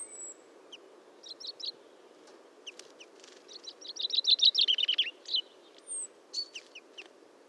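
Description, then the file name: Common chaffinch singing: scattered sharp notes build into a loud, descending trill that ends in a short flourish, with other thin high notes before and after. "Fringilla coelebs"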